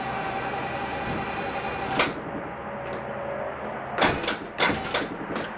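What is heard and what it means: The folding top bunk in a 2022 XLR Nitro 321 travel trailer is raised, and its latch catches over a steady background hum. Two sharp clicks sound at 2.0 s and 5.0 s, with other brief knocks around them. The bunk latch clicks into place and is seated.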